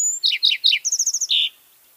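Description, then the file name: Lark sparrow song segment: three quick descending chirps, a rapid ticking series of several notes, then a buzzy burst before silence. "Lark Sparrow - Chondestes grammacus"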